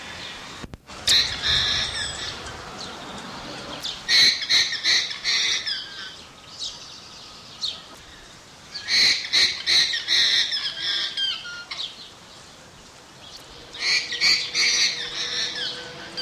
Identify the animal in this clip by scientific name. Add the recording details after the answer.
Vicugna vicugna. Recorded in captivity. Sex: male. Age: adult. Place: Zoo Berlin, Berlin, DE. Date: 1987-07-02 14:05. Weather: sunny, 25°C. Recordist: Tembrock, Günter